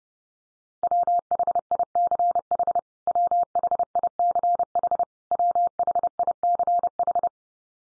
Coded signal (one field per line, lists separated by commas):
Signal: Morse code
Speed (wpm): 30 wpm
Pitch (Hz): 700 Hz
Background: none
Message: WHICH WHICH WHICH